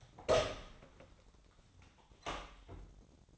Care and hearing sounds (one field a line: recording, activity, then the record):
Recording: daily activity, microphone in the room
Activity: open door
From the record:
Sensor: 3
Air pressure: 1009.2 hPa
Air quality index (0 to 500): 194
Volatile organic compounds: 4 ppm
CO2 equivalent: 1568 ppm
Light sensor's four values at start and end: 46/120/52/52 and 46/120/52/52